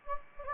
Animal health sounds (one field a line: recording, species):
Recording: mosquito wingbeat signal from an infrared sensor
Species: Anopheles gambiae